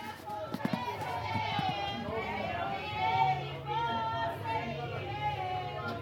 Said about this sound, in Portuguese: Nossa, o pessoal aqui do bar tá gritando. Deixa eu colocar aqui pra você ver o pessoal bêbado.